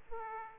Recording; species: mosquito wingbeat signal from an infrared sensor; Aedes aegypti